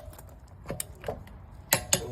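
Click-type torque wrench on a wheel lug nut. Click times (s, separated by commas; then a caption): 1.7 s, 1.9 s. A 1/2 inch click-type torque wrench tightens a wheel lug nut in a crisscross sequence until it reaches its set torque. After a few quieter knocks, the wrench gives two sharp clicks at 1.7 s and 1.9 s, showing the nut is fully torqued.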